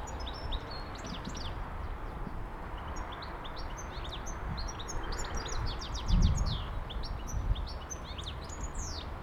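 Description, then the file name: European goldfinch calls, many rapid high twittering notes and liquid chirps scattered throughout over steady low rumbling background noise. "Szczygiel"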